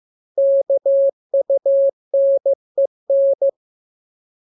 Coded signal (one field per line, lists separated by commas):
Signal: Morse code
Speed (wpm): 15 wpm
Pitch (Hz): 550 Hz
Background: none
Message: KUNEN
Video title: Learning Morse Code. Lesson 6. Letter KMURES N